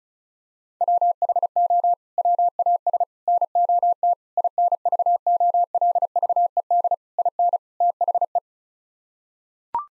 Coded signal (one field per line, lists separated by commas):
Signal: Morse code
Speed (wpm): 34 wpm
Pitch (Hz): 700 Hz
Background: none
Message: WHO WAS NOT INVOLVED IN THE